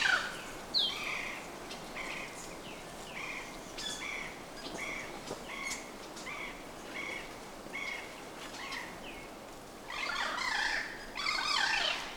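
Bird calls: a run of short, clipped notes repeated steadily, ending in a louder, jumbled burst of notes, with constant background noise.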